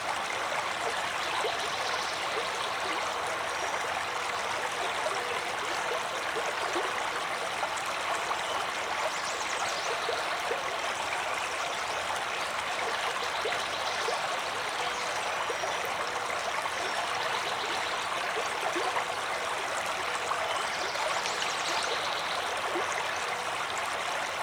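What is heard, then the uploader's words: A forest river runs steadily and densely, its bright, close rushing water flecked with small splashes and gurgles, unchanging throughout. The river running through the forest.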